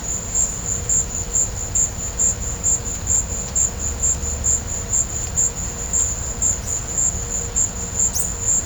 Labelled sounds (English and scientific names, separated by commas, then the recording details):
none
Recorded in pastures near Puerto Asís, Putumayo, Colombia, on 20 December 2024 at 15:00
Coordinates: 0.502, -76.324
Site G077